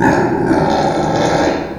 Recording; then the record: squeal of a Yucatan mini pig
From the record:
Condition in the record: before surgery on the right vocal fold (resection and tissue-engineered implant); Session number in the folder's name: 1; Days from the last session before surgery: -21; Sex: female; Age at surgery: 19 weeks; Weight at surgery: 25 kg